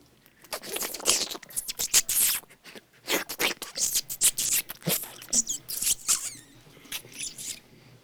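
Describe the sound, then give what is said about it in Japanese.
A young rat scurries about, making a steady run of quick, dry scratching and pattering bursts, uneven in rhythm and fairly faint, with no talking. “これはガキネズミ？”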